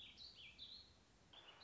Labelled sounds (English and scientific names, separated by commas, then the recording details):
Warbling Vireo (Vireo gilvus)
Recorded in Sonoma County, California